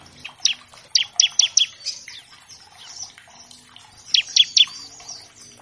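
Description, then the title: Bar-winged Prinia song: a quick series of bright, high chips, a quieter pause of soft twitters, then another burst of three notes. Vigorously singing (gacor) ciblek used as a master track to train all kinds of captive birds; a lure to make untrained ciblek sing quickly. "Masteran Ciblek Gacor Vs Kenari Gacor Untuk Masteran Semua Jenis Burung. Pancingan Ciblek bahan agar cepat bunyi. Burung Ciblek"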